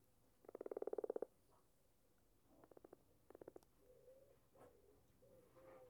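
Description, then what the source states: Common frog croaks: one loud, rapidly pulsed purring croak near the start, followed by softer, shorter pulsed bursts and faint grunts. Recorded in the UK.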